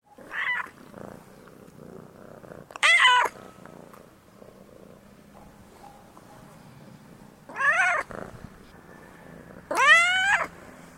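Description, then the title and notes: Domestic cat meowing four times, short rising and falling wails a few seconds apart, with a soft low purr running faintly underneath between them. Domestic cat purring and meowing, recorded at close perspective. "Domestic Cat Purring And Meowing Sound Effect. Artist: Alexander"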